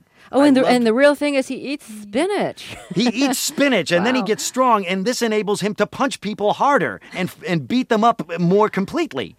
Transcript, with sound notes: Oh, and the real thing is he eats spinach (laughter).
He eats spinach...
Wow.
...And then he gets strong, and this enables him to punch people harder and beat them up more completely.